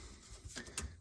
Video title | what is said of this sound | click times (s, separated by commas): SOLD - For Sale Toyota Landcruiser VDJ79 Touring Rig with DRIFTA Fit-out - Tour and Walk-around | everything locks in place | 0.6 s, 0.8 s